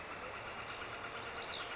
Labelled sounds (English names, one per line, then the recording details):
Northern Flicker
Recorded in Sonoma County, California